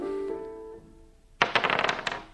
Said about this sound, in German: Nun gut. Spielen wir. Sie würfeln.